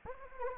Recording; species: mosquito wingbeat signal from an infrared sensor; Anopheles arabiensis